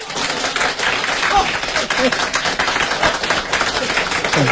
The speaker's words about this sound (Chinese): 这回啊，该你喝酒了，大家给他鼓鼓掌，喝。